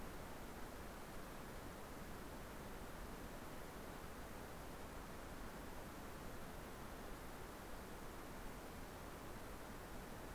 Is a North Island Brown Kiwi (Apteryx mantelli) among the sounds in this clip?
no